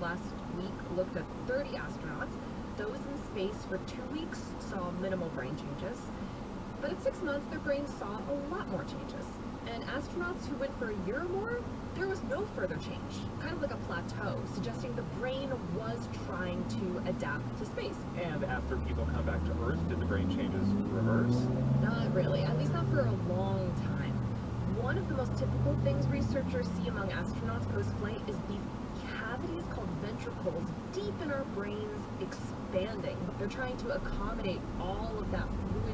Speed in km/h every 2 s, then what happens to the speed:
0, 0, 0, 0, 0, 0, 0, 0, 0, 0, 0, 0, 0, 0, 0, 0, 0, 6.
0-33 standing. 33-36 pulls away to 6.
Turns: none.